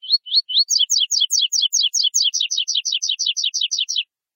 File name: canto do coleiro tui tui terceira nota